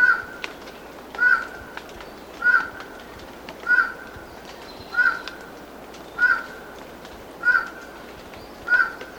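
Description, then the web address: Highland Tinamou calling a short, hollow note repeated steadily about every 1.2 seconds, eight times, over a faint background hiss. Recorded in Ecuador. "Natures Songs S America Birds of Ecuador. Highland Tinamou"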